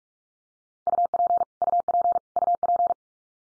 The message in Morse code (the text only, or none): UP UP UP